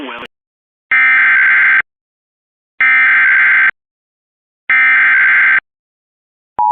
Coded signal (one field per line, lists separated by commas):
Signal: Emergency Alert System (SAME) tones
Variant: header bursts